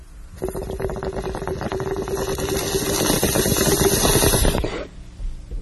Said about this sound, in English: Well, it sounds like everybody is getting stoned tonight. I want to join the party. Can I have a bong hit? Of course I can. I can give you one, of course.